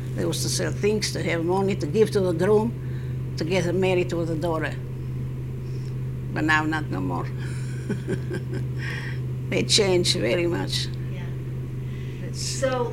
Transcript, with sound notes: They used to sell things to have money to give to the groom, to get him married to the daughter. But now not no more. (she laughs) They change very much.
Yeah. So,